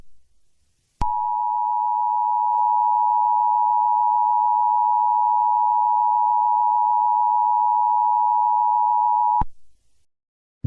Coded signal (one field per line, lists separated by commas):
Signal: Emergency Alert System (SAME) tones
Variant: 853 and 960 Hz attention tone